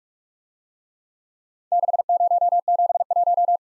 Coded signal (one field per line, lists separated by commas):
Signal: Morse code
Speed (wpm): 44 wpm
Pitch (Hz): 700 Hz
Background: none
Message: 6071